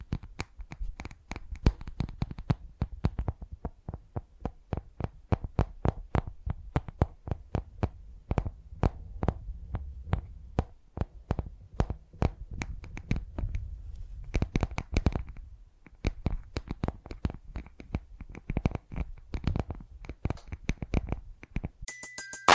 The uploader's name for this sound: Tingly Tapping Sounds